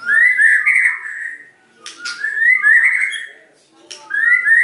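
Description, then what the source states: White-rumped shama whistling long, smooth, slightly wavering phrases in three bouts separated by pauses, with soft clicks in between. Lure song used to provoke a response from other shamas; the bird is described as singing persistently and energetically (gacor).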